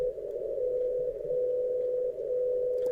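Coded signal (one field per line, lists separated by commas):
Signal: radio time signal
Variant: WWVB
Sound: steady mid-pitched hum-like tone dipping slightly in loudness each second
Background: faint radio static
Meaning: Once-per-second level drops carry a binary coded decimal time code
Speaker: if i pop this guy open here on the discovery you can hear the 60 kilohertz transmitter from Boulder Colorado it's not Morse code it's a binary coded decimal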